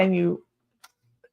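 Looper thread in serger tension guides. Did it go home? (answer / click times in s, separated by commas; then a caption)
yes / 0.9 s, 1.2 s. Someone talks briefly as the looper thread is laid in and pulled down into the serger's rear tension guides. Two small, sharp clicks follow at 0.9 s and 1.2 s, and the looper thread seats in the tension guides.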